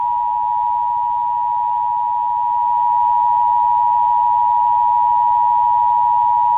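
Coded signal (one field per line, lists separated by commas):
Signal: Emergency Alert System (SAME) tones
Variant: 853 and 960 Hz attention tone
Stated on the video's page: Fake EAS test, a homemade recreation made with obtained tones.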